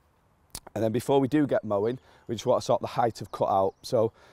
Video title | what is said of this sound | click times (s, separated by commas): Unboxing The Allett Stirling Lawn Stripes and Hedges | click and it's in | 0.5 s